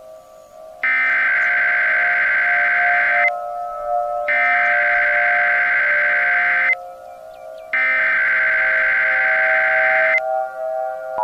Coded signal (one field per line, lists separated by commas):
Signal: Emergency Alert System (SAME) tones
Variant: header bursts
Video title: EAS - Not Your Typical Tornado